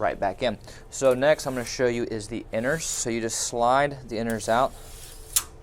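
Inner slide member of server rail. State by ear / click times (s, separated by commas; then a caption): seated / 5.4 s. Someone talks while the inner slide member of a sliding rail for a Dell PowerEdge R360 rackmount server is pulled out. At 5.4 s it catches with a short, sharp click, and the inner rail is locked in place.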